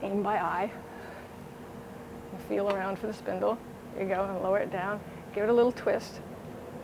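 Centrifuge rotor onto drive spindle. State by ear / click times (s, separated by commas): not seated / none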